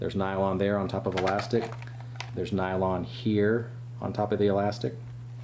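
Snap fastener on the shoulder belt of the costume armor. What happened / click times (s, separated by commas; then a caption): The snap has not been closed yet; no seating click / none. Someone talks while handling a snap fastener on nylon over elastic on the shoulder belt of sandtrooper costume armor, over a steady low hum. The snap has not seated or clicked yet.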